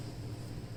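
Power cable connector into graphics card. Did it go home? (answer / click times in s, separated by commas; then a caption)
no / none. A plastic power cable connector is handled at a graphics card's power socket, with a steady low hum and broadband hiss throughout. Nothing has seated or clicked yet.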